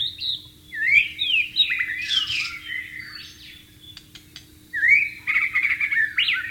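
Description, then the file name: White-rumped shama song: rich, varied whistled phrases with rapid slurred notes and trills, a pause, then another burst of quick warbling. "suara burung murai batu di alam liar"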